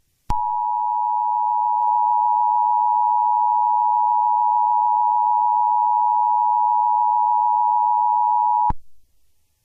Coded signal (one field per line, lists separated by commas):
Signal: Emergency Alert System (SAME) tones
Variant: 853 and 960 Hz attention tone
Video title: EAS Scenario - The Chaos of Santiago - Part 1